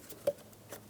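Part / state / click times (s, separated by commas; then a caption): wiring harness connector into the air box sensor socket / not seated / none. The wiring harness connector for a 2007-2012 Nissan Altima is being pushed onto the air box sensor socket on the engine air box. A short, sharp handling tick comes at about 0.3 s, with fainter rustles around 0.5 s and 0.7 s. The connector has not clicked or seated yet.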